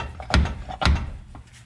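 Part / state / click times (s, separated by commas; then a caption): CV axle inner end into rear differential / seated / 0.9 s. The inner splined end of a rear CV axle on a 2006-2010 Ford Explorer is struck repeatedly, like a plunger, to drive it into the differential, giving a sharp knock at 0.3 s and another at 0.9 s. At 0.9 s the retaining circlip snaps into its groove with a click as the axle bottoms out flush against the diff, and the axle is seated.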